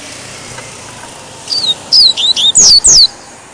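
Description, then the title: Double-collared Seedeater delivering one brisk phrase of high whistled notes, finishing with two loud downward sweeps. "Canto Coleiro"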